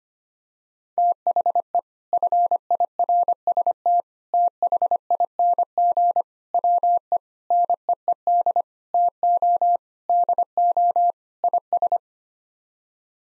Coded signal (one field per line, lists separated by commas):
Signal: Morse code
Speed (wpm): 25 wpm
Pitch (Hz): 700 Hz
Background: none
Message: THE FIRST THING WE NEED TO DO IS